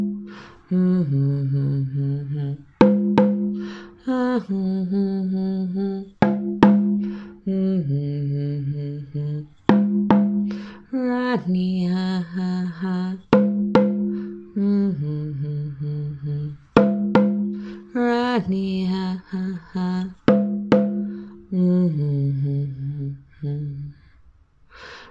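A mini sound bath of sustained, low-to-mid tones that step between a few pitches in a short phrase, repeating roughly every three to four seconds. Each phrase opens with a soft click, the notes ring steady, and the final tone fades out near the end.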